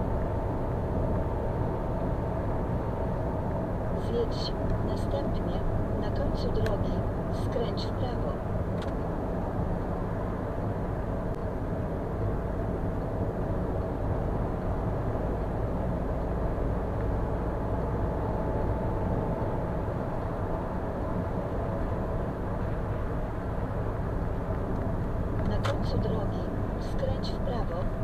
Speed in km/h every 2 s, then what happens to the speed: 86, 87, 87, 74, 72, 72, 74, 77, 80, 84, 83, 81, 76, 66.
4-8 brakes to 72. 8-13 steady at about 72. 13-18 speeds up to 84. 21-28 slows to 66.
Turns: none.